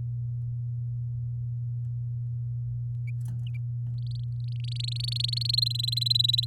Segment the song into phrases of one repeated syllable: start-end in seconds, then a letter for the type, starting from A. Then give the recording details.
4.11-4.17 A, 4.48-5.60 A, 5.62-6.45 B. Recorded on 7 May 2018 at 06:06. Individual llb16